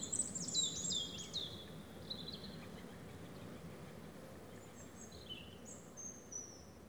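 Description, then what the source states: European robin song: a bright high sliding phrase opens, short thin notes follow, then a quiet gap and a few more high whistled phrases near the end. Several robins singing in the afternoon at Méandres du Saugey, Brangues, France, in the Haut-Rhône; recorded with a Dodotronic stereo parabola (EM172) and Zoom H4n Pro.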